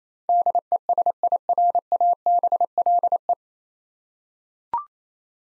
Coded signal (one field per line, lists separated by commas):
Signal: Morse code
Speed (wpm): 28 wpm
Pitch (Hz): 700 Hz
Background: none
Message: DESIRABLE